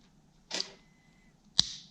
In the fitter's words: snaps right in